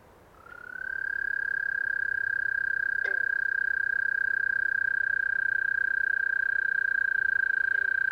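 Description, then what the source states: Eastern American toad starting a long sustained high trill that rises briefly then stays level, with a couple of short plucked notes. Single toad, long trilling call, 9:20pm, 30 April 2015, west Dyke Marsh behind River Towers, left of beaver lodge; 70 degrees, light breeze; Green Frogs in background; Fostex FR-2, Sennheiser ME 62, Telinga parabola; high-pass filtered to cut traffic.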